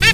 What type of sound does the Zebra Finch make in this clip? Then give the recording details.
stack call. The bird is a female. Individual fem5